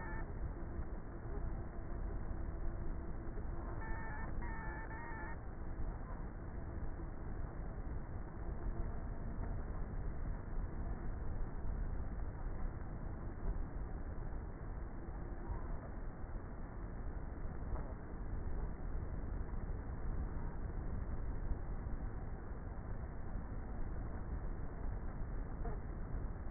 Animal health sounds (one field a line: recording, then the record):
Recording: honeybee colony, microphone inside the hive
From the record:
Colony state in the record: queenless with a low population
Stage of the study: before two queens were removed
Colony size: about 30,000 bees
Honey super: no